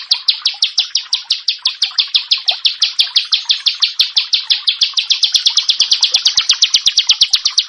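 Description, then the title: Bar-winged prinia delivering loud, sharp chirps in a quick repeated series that gradually speeds up toward the end. "Ciblek Sawah"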